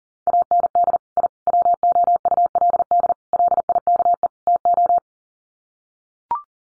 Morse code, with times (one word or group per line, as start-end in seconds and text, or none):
0.3-1.0 AND
1.2-1.3 I
1.5-3.1 WOULD
3.3-4.3 LIKE
4.5-5.0 TO